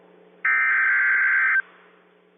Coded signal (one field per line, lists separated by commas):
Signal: Emergency Alert System (SAME) tones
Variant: header bursts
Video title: TOA Expansion EAS #315